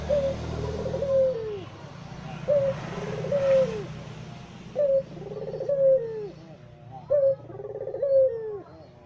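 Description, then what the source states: Barbary dove cooing in rolling, falling phrases, about four of them. White Barbary dove ('puter putih'), masteran training song used in the Indonesian kicau mania songbird hobby for teaching songbirds.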